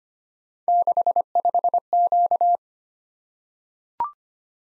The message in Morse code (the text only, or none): 65Q